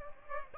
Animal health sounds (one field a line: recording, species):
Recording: mosquito wingbeat signal from an infrared sensor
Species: Aedes aegypti